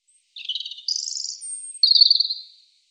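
European robin song: a scratchy warble, then a higher twittering phrase, a thin very high note, then a lower trill, over about two seconds.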